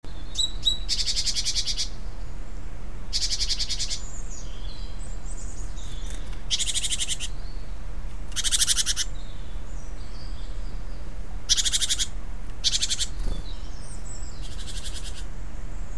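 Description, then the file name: Great tit giving harsh, buzzy churring bursts of about a second each, repeated every one to two seconds, with a few faint thin notes between and steady low background hum. "Parus major"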